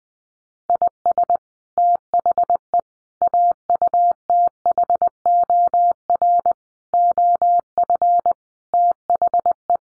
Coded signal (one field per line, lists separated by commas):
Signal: Morse code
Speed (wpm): 20 wpm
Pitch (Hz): 700 Hz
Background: none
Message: IS THE AUTHOR OF THE